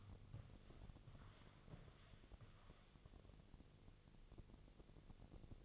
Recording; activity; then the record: daily activity, microphone in the room; walk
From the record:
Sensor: 4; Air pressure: 1001.3 hPa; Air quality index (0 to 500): 176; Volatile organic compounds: 2 ppm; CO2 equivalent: 1262 ppm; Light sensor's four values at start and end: 15/34/14/14 and 15/34/14/14